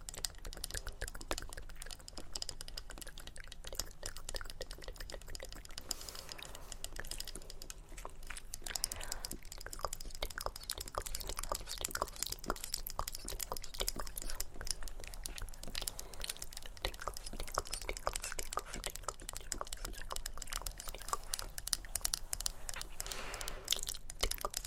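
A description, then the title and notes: Layered tapping and scratching run continuously, a dense stream of sharp, bright clicks and taps with crisp crunchy textures on top. The pace stays busy and fairly even throughout, with a low steady hum underneath and brief bursts of faster clicking around the middle. ASMR Extremely Tingly Layered Sounds For Sleep (Scratching, Tktk, Mouth Sounds, Tapping).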